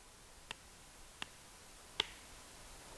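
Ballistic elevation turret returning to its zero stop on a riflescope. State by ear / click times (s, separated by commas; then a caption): seated / 2.0 s. The ballistic elevation turret of a Steiner Ranger 8 4-32x56 riflescope is turned back down through its detent clicks toward the zero stop. Three sharp clicks are heard at about 0.5, 1.2 and 2.0 seconds over a quiet background. The final click at 2.0 seconds is clearly louder as the turret seats at its zero stop.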